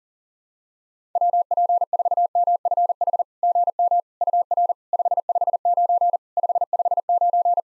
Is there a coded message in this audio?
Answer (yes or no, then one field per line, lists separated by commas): yes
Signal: Morse code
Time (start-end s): 1.2-7.6 s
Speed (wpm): 44 wpm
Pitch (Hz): 700 Hz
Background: none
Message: WP4MFH GM UR 559 559